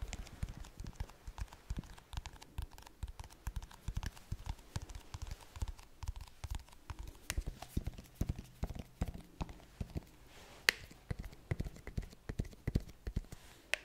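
Slow tapping, dense and irregular, with dull knocks that come several times a second across the whole fourteen seconds. The taps are mostly low and thuddy, a few landing sharper and brighter, with one standout crack near eleven seconds.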